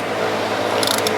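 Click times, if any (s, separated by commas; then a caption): none. A steel drain plug is ratcheted into the aluminium case of a motorcycle transmission and never gets tight, because the case threads are stripped. Only the ratchet pawl clicks are heard, with sharp ticks at about 0.9 and 1.1 seconds. Nothing has seated or clicked tight yet.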